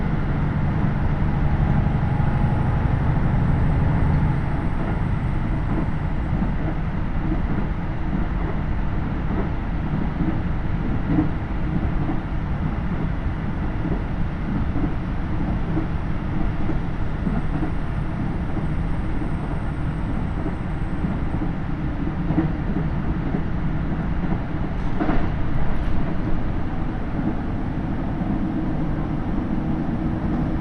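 A KiHa 75 diesel train on the Takayama Line runs between Gifu and Mino-Ota, its engine and wheels making a steady, dense low rumble throughout. A faint tone hums near the start, and brief sharper clicks from the rails appear around 25 seconds.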